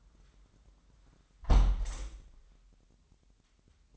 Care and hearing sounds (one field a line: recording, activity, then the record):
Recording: daily activity, microphone in the room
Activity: close window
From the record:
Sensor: 3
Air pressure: 998.5 hPa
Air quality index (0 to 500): 143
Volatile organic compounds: 5 ppm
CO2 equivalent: 1723 ppm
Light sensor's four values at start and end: 9/22/9/10 and 9/22/9/10